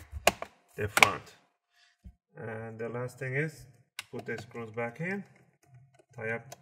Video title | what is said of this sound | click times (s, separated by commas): DELL G3 15 series take apart repaste GUIDE disassembly | pin just go push it down make sure that those clicks the sides default | 0.3 s